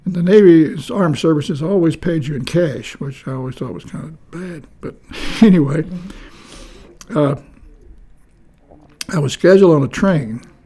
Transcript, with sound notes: the navy, armed services always paid you in cash which I always thought was kind of bad, but, [Chuckling] anyway…I was scheduled on the train.